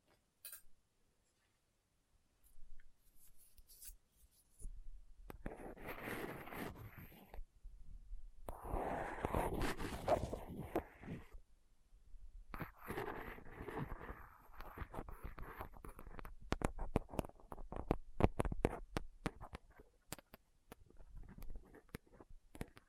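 A rough microphone surface is picked and scraped with a dental pick, tweezers and cotton swab, in dense scratchy bursts separated by short silences.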